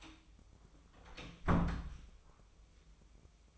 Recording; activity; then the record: daily activity, microphone in the room; close door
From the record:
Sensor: 1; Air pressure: 1004.9 hPa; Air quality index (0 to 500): 80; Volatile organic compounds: 2 ppm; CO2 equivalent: 1075 ppm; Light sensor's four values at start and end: 9/23/9/10 and 9/22/9/9